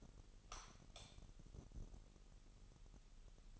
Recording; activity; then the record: daily activity, microphone in the room; light on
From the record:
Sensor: 4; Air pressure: 989.2 hPa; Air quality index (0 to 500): 222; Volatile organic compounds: 80 ppm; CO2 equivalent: 3608 ppm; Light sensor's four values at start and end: 24/79/30/30 and 27/91/34/35